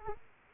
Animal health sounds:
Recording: mosquito wingbeat signal from an infrared sensor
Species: Culex quinquefasciatus

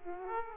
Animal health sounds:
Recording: mosquito wingbeat signal from an infrared sensor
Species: Aedes aegypti

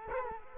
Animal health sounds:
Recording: mosquito wingbeat signal from an infrared sensor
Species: Culex quinquefasciatus

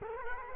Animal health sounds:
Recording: mosquito wingbeat signal from an infrared sensor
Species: Culex quinquefasciatus

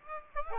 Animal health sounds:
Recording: mosquito wingbeat signal from an infrared sensor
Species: Aedes aegypti

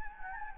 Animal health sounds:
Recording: mosquito wingbeat signal from an infrared sensor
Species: Anopheles gambiae

